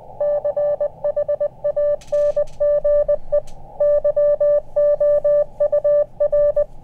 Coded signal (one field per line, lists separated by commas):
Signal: Morse code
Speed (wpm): 20 wpm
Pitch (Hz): 590 Hz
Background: none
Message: CHANGE YOUR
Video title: CHEAP Antenna Field Test | Elecraft KX2 Tuner | Ham Radio CW Contest